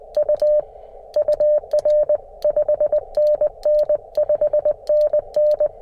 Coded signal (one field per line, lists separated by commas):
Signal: Morse code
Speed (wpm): 20 wpm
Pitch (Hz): 600 Hz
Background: radio noise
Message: U UR 5NN 5NN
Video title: QMX LIVES TO POTA ON! #cw #hamradio #parksontheair